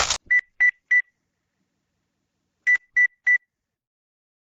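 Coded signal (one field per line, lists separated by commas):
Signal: none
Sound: cash register beeps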